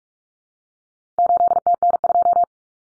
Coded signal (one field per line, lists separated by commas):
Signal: Morse code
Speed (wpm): 44 wpm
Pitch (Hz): 700 Hz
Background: none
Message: 8TN2